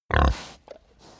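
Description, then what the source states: Pig grunt: one short, low grunt followed by softer breathy sounds. Grunt with breath.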